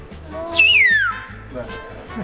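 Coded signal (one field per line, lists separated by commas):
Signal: whistled language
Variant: Turkish Kuş dili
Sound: one short whistle, briefly rising then gliding down in pitch, over background music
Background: background music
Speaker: now you say my name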